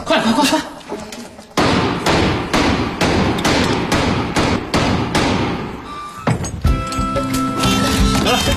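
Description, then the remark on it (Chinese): A rapid series of loud, sharp hammer blows strikes in quick succession, a steady pounding of nails into an old wooden window frame to nail shut a window that will not close, followed by a few heavier thuds and scraping. “拿锤子来，我给钉死了。”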